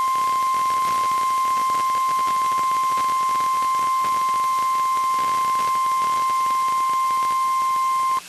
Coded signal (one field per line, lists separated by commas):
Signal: Emergency Alert System (SAME) tones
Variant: 1050 Hz attention tone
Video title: WXK35 Broadcast Cycle & RWT (EAS 1335)